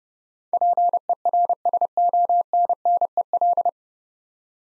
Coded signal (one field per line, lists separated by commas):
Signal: Morse code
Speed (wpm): 29 wpm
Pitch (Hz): 700 Hz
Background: none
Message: PERSONNEL